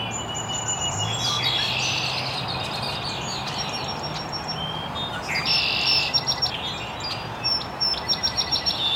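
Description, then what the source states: Birds chirping in a busy chorus, overlapping high twitters, trills and short whistles from several callers over a steady background hiss. Chirping very early in the morning in an estuary.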